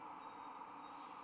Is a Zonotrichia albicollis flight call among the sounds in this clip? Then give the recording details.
no. No flight call is heard. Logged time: 02:48 on 1 December 2014